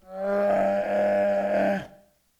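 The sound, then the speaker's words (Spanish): A bear lets out one long, deep grunting groan, a steady rumbling tone held for almost two seconds before cutting off, used as a layer in a video game creature's sound design. It is loud and heard on its own, with no voices. “Es un actor, un oso”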